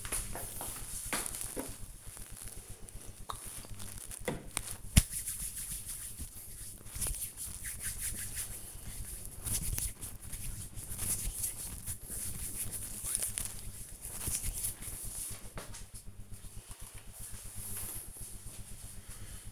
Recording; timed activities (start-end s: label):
household activities, microphone on the right wrist
1.23-15.33 s: disinfecting hands